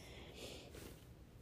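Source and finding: Pet animal, species unknown. Snoring.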